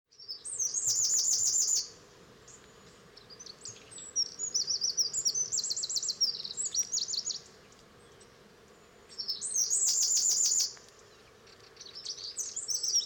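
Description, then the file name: Eurasian wren singing several bursts of shrill, rapid trills and twittering notes. "Troglodytes troglodytes"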